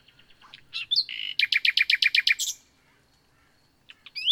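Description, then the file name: Common nightingale song: varied chirps followed by a rapid, evenly spaced series of loud repeated notes. "Luscinia megarhynchos"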